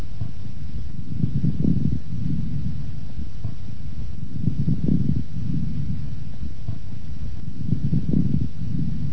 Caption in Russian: Влажные, средние и крупнопузырчатые хрипы у пациента с бронхоэктатической болезнью в той же точке после покашливания. Влажные хрипы также отчетливо слышны в проекции абсцесса легких или бронхоэктазов, поскольку в этих случаях полость, в которой возникают хрипы, выполняет роль резонатора, усилителя звука.